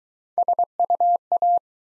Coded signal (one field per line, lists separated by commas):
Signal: Morse code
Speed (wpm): 24 wpm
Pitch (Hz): 700 Hz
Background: none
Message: SUA